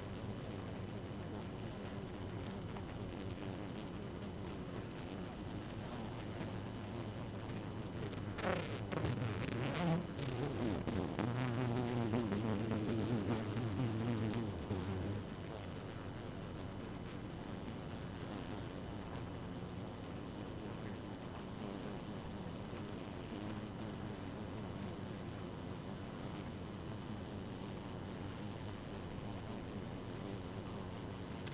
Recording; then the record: honeybee colony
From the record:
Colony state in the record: active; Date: 12 June 2018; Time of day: 1:19